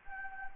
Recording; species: mosquito wingbeat signal from an infrared sensor; Anopheles gambiae